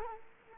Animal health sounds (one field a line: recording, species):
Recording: mosquito wingbeat signal from an infrared sensor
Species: Culex quinquefasciatus